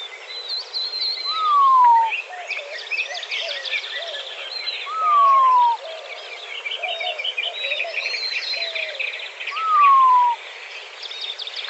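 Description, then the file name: Montezuma quail repeating a single falling whistle three times, a few seconds apart, against a steady background of songbird chatter. Recorded in Arizona on 17 May 2004. "MONTEQUAIL 1 deviche"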